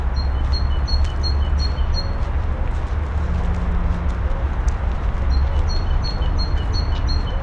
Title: Kruidtuin, Koningsstraat 236, 1210 Sint-Joost-ten-Node, België - Birds in Botanique